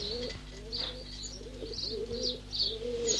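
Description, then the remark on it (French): Several pigeons coo in low, rolling, repeated phrases that overlap one another, while faint high chirps from other birds flicker above them. No one speaks. “Les femmes sont un peu jalouses de l'amitié que les hommes portent à leurs pigeons.”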